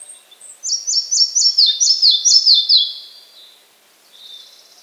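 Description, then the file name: Red-breasted flycatcher song, a quick run of high clear notes repeated in steps that fall gradually in pitch, followed by a faint softer phrase. "mukholovka malaja"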